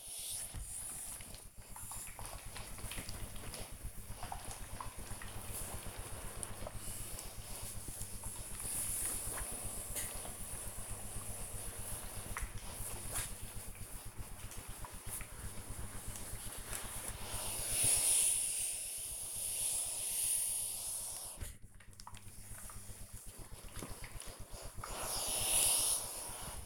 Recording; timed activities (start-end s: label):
household activities, microphone on the right wrist
0.00-26.66 s: ironing laundry